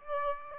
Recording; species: mosquito wingbeat signal from an infrared sensor; Aedes aegypti